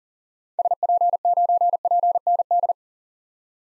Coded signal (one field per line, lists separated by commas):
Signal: Morse code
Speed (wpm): 40 wpm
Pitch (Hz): 700 Hz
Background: none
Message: SP9PND